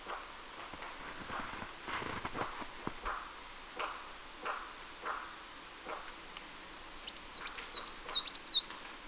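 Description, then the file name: Marsh tit with faint thin notes early on, then a short run of high, dipping chips near the end over soft background noise. "Poecile palustris"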